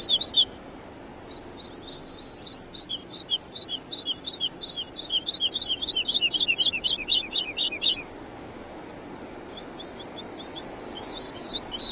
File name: woodlark